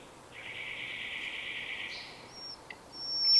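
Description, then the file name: Common nightingale song: a long, even, buzzy churring note held for over a second, followed by a thin high whistle, over soft background hiss. "Luscinia megarhynchos"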